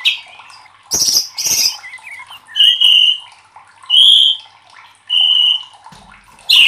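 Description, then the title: White-rumped shama song: loud harsh bursts followed by clear, sustained whistles, with soft chirps between. Training recording (masteran) used to teach song to caged birds; titled labaik. "MURAI BATU LABAIK"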